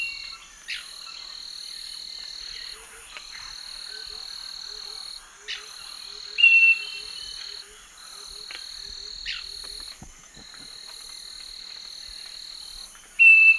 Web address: Natures Songs S America Eastern Lowlands Microcerculus marginatus, song